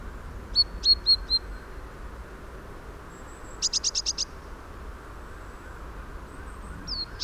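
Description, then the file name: Eurasian blue tit calls: a few high thin notes, then a fast run of about six clipped notes, and a final high sliding note, over low steady background rumble. "Cyanistes caeruleus"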